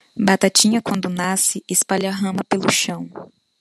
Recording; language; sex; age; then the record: short text; Brazilian Portuguese; female; 30 to 39 years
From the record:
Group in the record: control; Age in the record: 30 years